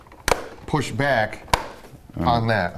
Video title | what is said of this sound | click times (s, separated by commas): Gaggia Anima: How to Clean Internal Spout Chamber | and it snaps into place yeah there's tabs on both sides that lock into openings back here it's really tight fit | 0.3 s